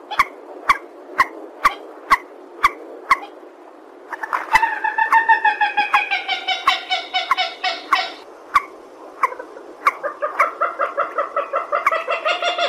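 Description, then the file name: Purple swamphen: evenly spaced single clicks about every half second, then prolonged nasal cackling sequences. "tieng trich re keu"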